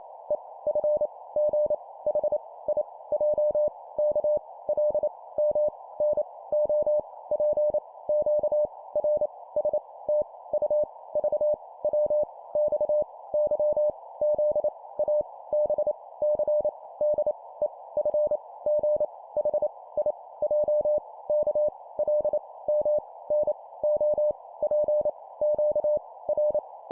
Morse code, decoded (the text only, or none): E F G H I J K L M N O P Q R S T U V W X Y Z A B C D E F G H I J K L M N O P Q R